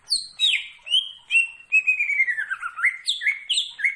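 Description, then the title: Leafbird giving a fast, fluid song of high whistles, a long descending warbled run and rapid chirping notes. Singing actively (gacor). "Cucak Ijo Gacor"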